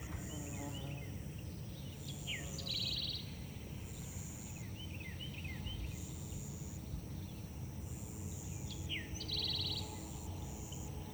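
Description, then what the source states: Northern bobwhite whistles: two sharply rising whistled notes about seven seconds apart, amid other short bird chirps and low background noise. Song; recorded by Paul Marvin.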